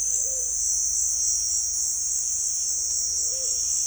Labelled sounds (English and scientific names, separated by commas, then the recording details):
none
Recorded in dense forest near Puerto Asís, Putumayo, Colombia, on 20 February 2024 at 17:30
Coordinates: 0.496, -76.326
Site G6383